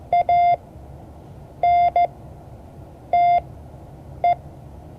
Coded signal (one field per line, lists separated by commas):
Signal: Morse code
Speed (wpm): 15 wpm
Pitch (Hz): 700 Hz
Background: none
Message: ANTE